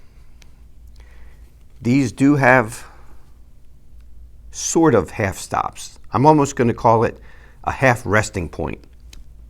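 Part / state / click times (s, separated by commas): pocketknife blade opening on backspring / seated / 9.1 s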